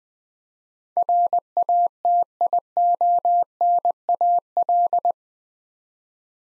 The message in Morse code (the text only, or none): RATIONAL